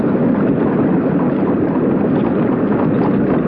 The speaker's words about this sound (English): Such a noise won't hurt you, Felipe. It's just the sound of the water.